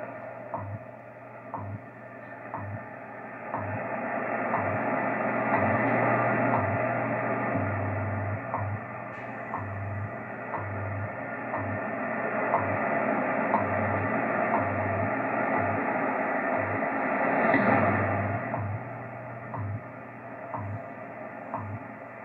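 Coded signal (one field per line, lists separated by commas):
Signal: radio time signal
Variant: WWV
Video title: WWV SIGNAL ON THE YAESU FT-2000 AND RECEIVING FADE FROM GRAYLING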